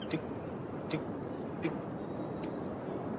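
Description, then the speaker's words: Hummingbird song: short, sharp high chips repeated about every three-quarters of a second over a steady high insect-like whine and soft background hiss. Perched on a branch calling to females; sings all day long; Costa Rica. "C'est un colibri. Un colibri posé sur une branche et qui appelle les femelles."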